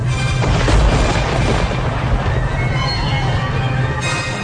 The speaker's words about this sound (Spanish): En el trayecto comenzó una terrible tormenta eléctrica.